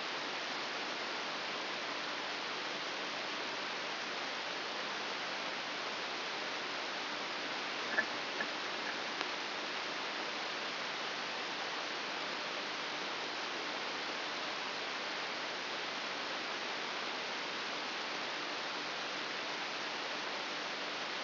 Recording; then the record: brain microelectrode recording played as sound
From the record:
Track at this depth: inside the subthalamic nucleus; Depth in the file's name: 5.201 mm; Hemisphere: right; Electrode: 3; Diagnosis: Parkinson's disease